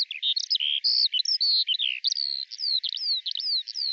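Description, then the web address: Bird calls in a dense, nonstop run of high chirps and whistled slurs, some flat, some sliding downward, with a quick buzzy note early on. "Deverinetal 2025 File cleaned normalized Bird Al Ar"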